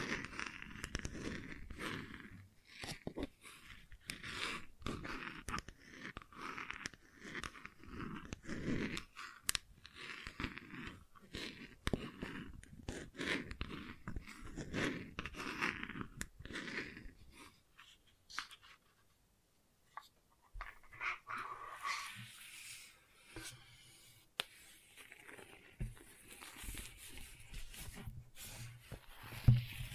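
Gentle scratching runs in quick, dense bursts for the first eighteen seconds, a soft rasping texture with many short strokes. It pauses briefly near twenty seconds, then resumes thinner and sparser, brighter and more scattered, with a sharp tap at the very end.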